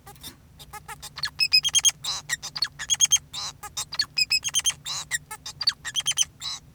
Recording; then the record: song of a male Bengalese finch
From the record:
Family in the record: son of father 2, and himself father 4